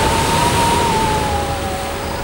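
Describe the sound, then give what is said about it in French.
Wind from a huge storm at sea roars steadily around a boat, a dense hiss and rumble with a thin whistling tone that slowly sinks in pitch. No separate wave crashes stand out; the level stays even throughout, with no voices. “Mais voilà que, pendant son sommeil, une énorme tempête se lève. Le vent se met à souffler et des vagues gigantesques s'écrasent sur le pont du bateau.”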